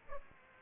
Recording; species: mosquito wingbeat signal from an infrared sensor; Aedes aegypti